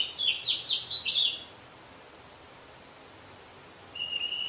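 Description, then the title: Orange-headed thrush song: a quick, varied warbled phrase of high sweet notes at the start, then quiet, and a short thin whistle near the end. "Anis Merah"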